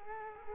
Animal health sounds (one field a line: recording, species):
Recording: mosquito wingbeat signal from an infrared sensor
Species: Culex quinquefasciatus